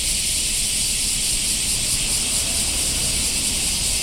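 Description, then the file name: Black cicada chorus, a steady, dense, high-pitched hiss-like buzz that holds unbroken throughout, with faint low rumble beneath. "black cicadas"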